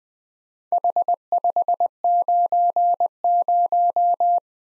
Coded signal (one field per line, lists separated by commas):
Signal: Morse code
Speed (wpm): 20 wpm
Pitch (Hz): 700 Hz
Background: none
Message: H590